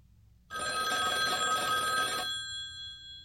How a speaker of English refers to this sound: What is it? It's a telephone.